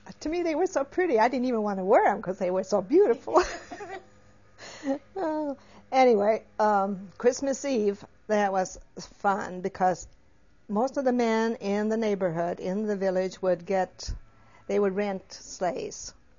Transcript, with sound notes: To me they were so pretty I didn't even want to wear them, because they were so beautiful. ( they laugh ) Oh, anyway, on Christmas Eve that was fun, because most of the men in the neighborhood, in the village, would get, they would rent a space,